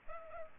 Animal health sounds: mosquito wingbeat signal from an infrared sensor; Culex pipiens

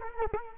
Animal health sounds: mosquito wingbeat signal from an infrared sensor; Culex quinquefasciatus

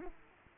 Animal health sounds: mosquito wingbeat signal from an infrared sensor; Aedes aegypti

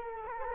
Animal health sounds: mosquito wingbeat signal from an infrared sensor; Culex quinquefasciatus

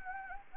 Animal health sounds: mosquito wingbeat signal from an infrared sensor; Anopheles gambiae

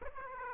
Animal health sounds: mosquito wingbeat signal from an infrared sensor; Aedes aegypti

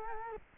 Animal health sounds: mosquito wingbeat signal from an infrared sensor; Culex quinquefasciatus

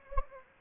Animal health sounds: mosquito wingbeat signal from an infrared sensor; Anopheles gambiae

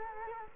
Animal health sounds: mosquito wingbeat signal from an infrared sensor; Culex quinquefasciatus

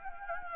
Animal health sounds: mosquito wingbeat signal from an infrared sensor; Anopheles gambiae

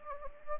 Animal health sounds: mosquito wingbeat signal from an infrared sensor; Anopheles gambiae

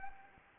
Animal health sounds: mosquito wingbeat signal from an infrared sensor; Anopheles arabiensis

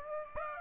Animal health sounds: mosquito wingbeat signal from an infrared sensor; Aedes aegypti

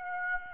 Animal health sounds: mosquito wingbeat signal from an infrared sensor; Aedes aegypti

